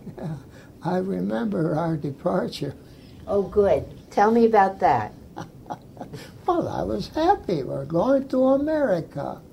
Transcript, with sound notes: Yeah -- I remember our departure.
Oh good tell me about that.
(laughs) Well I was happy we're going to America.